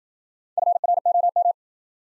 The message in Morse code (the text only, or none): FROM